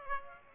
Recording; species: mosquito wingbeat signal from an infrared sensor; Aedes aegypti